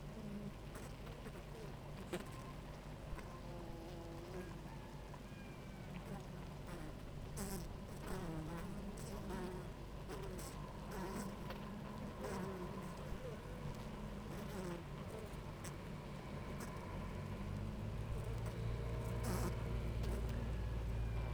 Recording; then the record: honeybee colony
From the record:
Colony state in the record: active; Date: 28 July 2017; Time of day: 9:34